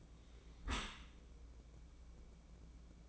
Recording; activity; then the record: daily activity, microphone in the room; close dishwasher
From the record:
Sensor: 1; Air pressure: 1012.4 hPa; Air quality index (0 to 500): 171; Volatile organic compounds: 3 ppm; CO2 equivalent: 1398 ppm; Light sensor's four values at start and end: 318/719/320/348 and 316/714/318/345